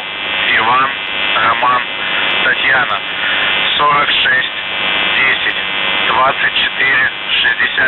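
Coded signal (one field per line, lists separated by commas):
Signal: numbers station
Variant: UVB-76 voice message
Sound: a voice speaking over a continuous droning buzz, muffled and radio-limited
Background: radio static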